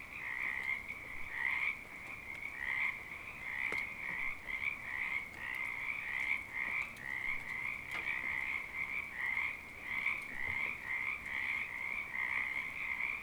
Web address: Discover Oregon - Wind and Storms Rain 2014 Frogs Rain